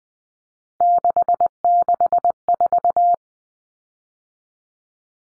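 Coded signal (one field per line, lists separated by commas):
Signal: Morse code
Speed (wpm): 20 wpm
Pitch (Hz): 700 Hz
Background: none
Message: 664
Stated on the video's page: Morse drill of common three-digit cut numbers (T, A, N for 0, 1, 9) at 20 wpm for head-copy, each sent, spoken, then sent again.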